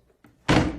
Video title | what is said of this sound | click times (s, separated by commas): How to set up a secret door bookcase | pull it tight it'll snap into place perfect | 0.5 s